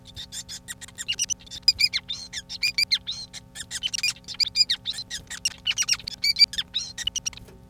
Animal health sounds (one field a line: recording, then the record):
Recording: song of a male Bengalese finch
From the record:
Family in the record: son of father 5